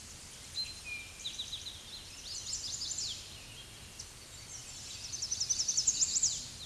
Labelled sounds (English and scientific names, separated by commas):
Eastern Towhee (Pipilo erythrophthalmus) song